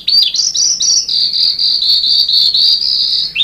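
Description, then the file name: Sanma bird song: short rising and falling chirps, then a sustained high, slightly wavering note held for about two seconds. "suara burung sanma"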